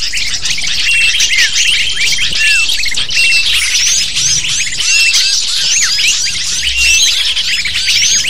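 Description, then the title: Dense, shrill lovebird chatter, countless quick chirps and squeaks overlapping in a continuous flock chorus. Lure (pikat) used to attract lovebirds. "PIKAT BURUNG LOVEBIRD"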